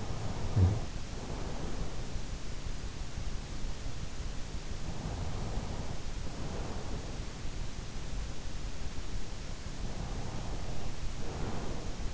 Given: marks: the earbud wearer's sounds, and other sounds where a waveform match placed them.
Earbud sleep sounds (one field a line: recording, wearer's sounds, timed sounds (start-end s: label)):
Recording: sounds in sleep by an in-ear microphone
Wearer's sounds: snoring breath, breath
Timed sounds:
0.00-2.16 s: snoring breath
4.54-7.33 s: breath
9.68-12.14 s: breath